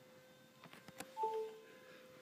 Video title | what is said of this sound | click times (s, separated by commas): Alesis iO Dock working with iPad 3rd Gen on iOS7 | there boom it just clicked in and now | 1.0 s